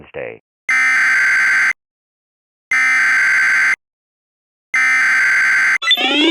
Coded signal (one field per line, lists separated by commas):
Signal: Emergency Alert System (SAME) tones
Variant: header bursts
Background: speech